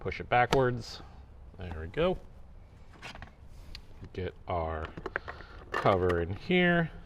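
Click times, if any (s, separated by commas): none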